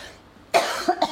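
A sudden harsh cough followed by two quicker, smaller coughs from an adult in a quiet room.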